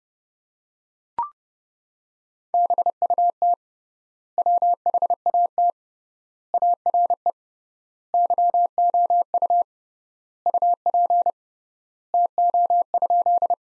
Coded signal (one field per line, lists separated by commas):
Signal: Morse code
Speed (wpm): 30 wpm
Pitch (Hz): 700 Hz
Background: none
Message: BUT WHAT ARE YOU UP TO?